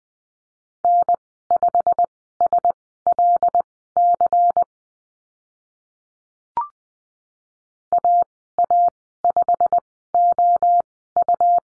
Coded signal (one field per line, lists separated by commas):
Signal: Morse code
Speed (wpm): 20 wpm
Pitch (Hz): 700 Hz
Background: none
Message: N5SLC AA5OU